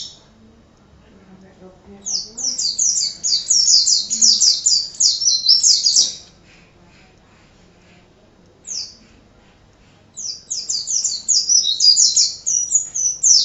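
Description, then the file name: White-eye song in three bursts: a fast, high, tinkling trill for four seconds, a brief note, then another rapid twittering phrase after a short silence. Excited song style called ngalas. "suara burung pleci ngalas omkicaudotcom"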